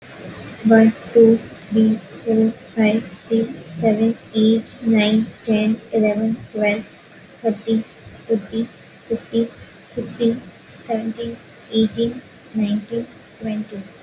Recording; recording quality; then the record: counting at a normal pace; excellent, no background noise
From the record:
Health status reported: healthy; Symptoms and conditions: none ticked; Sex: female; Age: 22 years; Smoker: not ticked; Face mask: not worn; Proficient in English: yes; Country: India